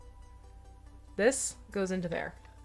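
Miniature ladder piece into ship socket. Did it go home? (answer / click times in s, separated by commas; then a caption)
no / none. A plastic miniature ladder piece is being handled near its socket on a miniature ship. Alongside it, the matching gangplank piece waits to go in. Someone talks over a quiet background, and nothing has seated or clicked yet.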